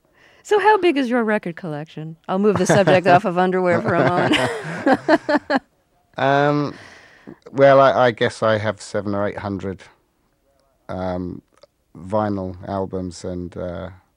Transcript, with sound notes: So how big is your record collection? I'll move the subject off of underwear for a moment. (laughs)
Well, I guess I have 700 or 800 vinyl albums and